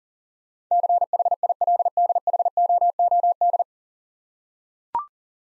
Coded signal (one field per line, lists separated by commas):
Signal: Morse code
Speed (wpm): 39 wpm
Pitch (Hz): 700 Hz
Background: none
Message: CHILDHOOD